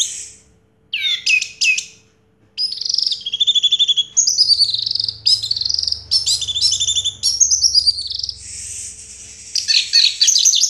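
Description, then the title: Orange-headed thrush singing a long, rich medley of high whistles, trills and buzzy notes after two brief opening phrases. Sound used to prompt an orange-headed thrush that has stopped singing to start singing again. "Anis Merah Macet.. Pancing Dengan Suara Ini.. # Anis Merah"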